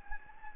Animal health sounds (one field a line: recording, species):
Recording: mosquito wingbeat signal from an infrared sensor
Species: Anopheles gambiae